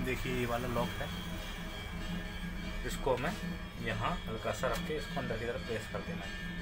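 A plastic lock piece, removed earlier from the side door area of a Xerox WorkCentre 7855/7845/7835 copier, is set lightly in place to be pressed inward while someone talks over background music. Nothing has seated or clicked yet.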